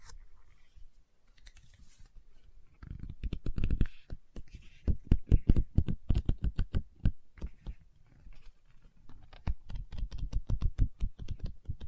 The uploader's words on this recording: Book Tapping, Scratching, Page Turning.